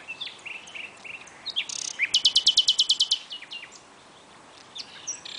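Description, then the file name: Common nightingale song: a few short whistled notes, then a fast, even series of about a dozen loud repeated notes lasting about a second. "Luscinia megarhynchos"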